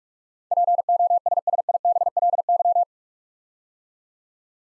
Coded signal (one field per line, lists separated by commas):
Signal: Morse code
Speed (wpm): 44 wpm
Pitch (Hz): 700 Hz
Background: none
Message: POSSIBLY